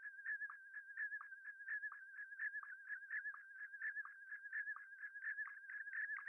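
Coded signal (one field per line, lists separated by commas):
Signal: SSTV (slow-scan television)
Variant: PD120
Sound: warbling mid-pitch tone with rapid rhythmic chirping bursts, about four per second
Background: radio static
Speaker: and here you can see the iss signal coming up and the picture slowly developing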